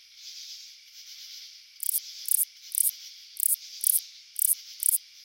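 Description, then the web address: Clicker round-winged katydid: a steady high hiss, then from about two seconds short dry clicking bursts repeated roughly twice a second. "The Songs of Insects. Clicker Round-winged Katydid"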